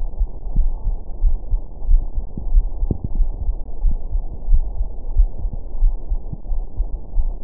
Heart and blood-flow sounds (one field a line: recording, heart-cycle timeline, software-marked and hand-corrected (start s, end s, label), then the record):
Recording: heart sounds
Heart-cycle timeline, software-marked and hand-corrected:
0.00	0.05	S1
0.05	0.19	systole
0.19	0.29	S2
0.29	0.57	diastole
0.57	0.71	S1
0.71	0.87	systole
0.87	0.97	S2
0.97	1.23	diastole
1.23	1.35	S1
1.35	1.51	systole
1.51	1.61	S2
1.61	1.87	diastole
1.87	2.01	S1
2.01	2.17	systole
2.17	2.25	S2
2.25	2.51	diastole
2.51	2.65	S1
2.65	2.79	systole
2.79	2.89	S2
2.89	3.17	diastole
3.17	3.29	S1
3.29	3.47	systole
3.47	3.57	S2
3.57	3.83	diastole
3.83	3.95	S1
3.95	4.13	systole
4.13	4.23	S2
4.23	4.49	diastole
4.49	4.65	S1
4.65	4.79	systole
4.79	4.89	S2
4.89	5.17	diastole
5.17	5.29	S1
5.29	5.41	systole
5.41	5.51	S2
5.51	5.81	diastole
5.81	5.93	S1
5.93	6.11	systole
6.11	6.21	S2
6.21	6.51	diastole
6.51	6.63	S1
6.63	6.79	systole
6.79	6.89	S2
6.89	7.17	diastole
7.17	7.31	S1
7.31	7.44	systole
From the record:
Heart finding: coronary artery disease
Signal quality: good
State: rest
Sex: female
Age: 66 years